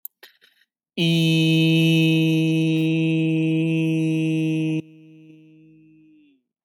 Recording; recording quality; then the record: sustained vowel as in beet; excellent, no background noise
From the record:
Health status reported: healthy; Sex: male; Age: 28 years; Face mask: not worn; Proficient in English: yes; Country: United States